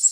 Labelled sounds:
Golden-winged Warbler flight call

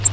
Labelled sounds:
Grace's Warbler flight call

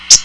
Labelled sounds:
Common Yellowthroat flight call

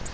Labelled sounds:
Virginia's Warbler flight call

